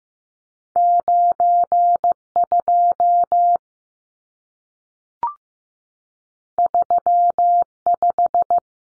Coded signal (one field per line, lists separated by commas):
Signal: Morse code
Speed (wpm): 15 wpm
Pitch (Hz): 700 Hz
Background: none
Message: 92 35